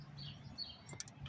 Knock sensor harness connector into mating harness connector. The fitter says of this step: You hear that click?